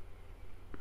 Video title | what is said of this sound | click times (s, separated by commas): Problème Retour vidéo DJI phantom 2 vision + | Voilà, on rebranche les antennes sur le côté, le petit clic. | 0.7 s